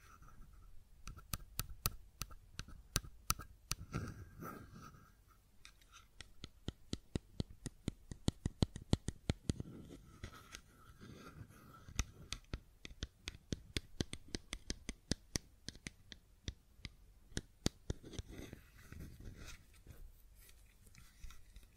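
A fidget cube is tapped and clicked over and over, sharp dry clicks coming in quick irregular bursts with brief pauses. The clicks are dense through the middle and thin out near the end, and a soft rubbing, handling noise runs underneath.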